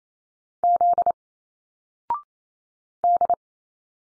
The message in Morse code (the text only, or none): Z D